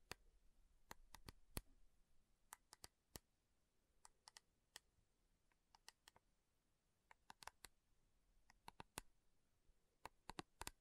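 Slow, sharp metal taps ring out one at a time or in quick pairs and short clusters, spaced unevenly across the whole stretch. Each tap is brief and bright, with a faint low hum and soft hiss underneath between strikes.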